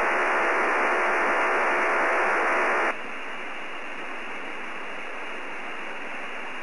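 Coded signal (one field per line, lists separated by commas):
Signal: digital SSTV (DRM)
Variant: EasyPal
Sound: steady wide rushing hiss confined to a band, dropping in volume partway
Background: radio static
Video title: EASYPAL SSTV SDR CONSOLE ES'HAIL2 CN8MM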